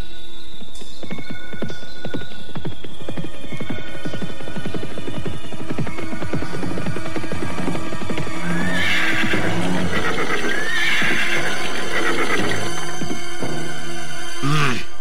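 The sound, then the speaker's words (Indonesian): Rapid hoofbeats clip-clop in a steady galloping rhythm as two horses with riders approach, then horses whinny loudly with high, shrill neighs over the continuing hooves. “Dua orang penunggang kuda menuju kemari.”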